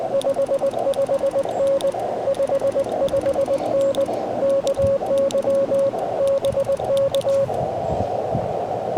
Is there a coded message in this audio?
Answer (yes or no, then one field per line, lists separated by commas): yes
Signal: Morse code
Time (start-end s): 0.1-7.4 s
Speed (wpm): 20 wpm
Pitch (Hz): 550 Hz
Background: radio noise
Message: 55N 55N KY BK